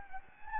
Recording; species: mosquito wingbeat signal from an infrared sensor; Anopheles gambiae